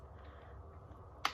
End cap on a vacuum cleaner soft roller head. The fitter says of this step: till you hear that little click, and then you can push this part up